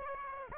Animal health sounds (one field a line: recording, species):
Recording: mosquito wingbeat signal from an infrared sensor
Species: Aedes aegypti